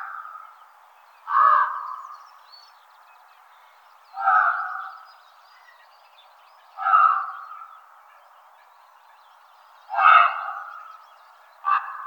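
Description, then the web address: Common raven repeating loud, rough croaks roughly every three seconds, with a shorter clipped note at the end. "IVN Zangvogels -Raaf"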